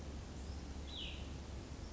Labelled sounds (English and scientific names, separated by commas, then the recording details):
Cassin's Vireo (Vireo cassinii)
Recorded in Sonoma County, California